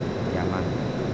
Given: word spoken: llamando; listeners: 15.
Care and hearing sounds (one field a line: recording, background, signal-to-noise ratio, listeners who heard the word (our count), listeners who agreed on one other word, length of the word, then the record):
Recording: one Spanish word in noise, from a listening test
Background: speech-shaped noise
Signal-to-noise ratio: -4.0 dB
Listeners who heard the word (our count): 1 of 15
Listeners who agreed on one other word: 11 of 15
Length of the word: 0.74 s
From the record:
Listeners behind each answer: 11, 1, 1, 1, 1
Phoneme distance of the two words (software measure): 24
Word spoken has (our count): 3 syllables, 7 phonemes, stress on syllable 2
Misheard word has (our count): 2 syllables, 5 phonemes, stress on syllable 2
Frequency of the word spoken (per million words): 8.67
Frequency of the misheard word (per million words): 53.29